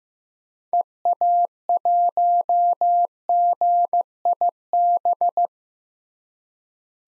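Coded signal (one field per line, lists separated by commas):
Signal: Morse code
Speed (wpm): 15 wpm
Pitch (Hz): 700 Hz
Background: none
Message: EA1GIB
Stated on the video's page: Morse practice of common POTA hunter call signs at 15 wpm, each sent, spoken, then sent again for head-copy.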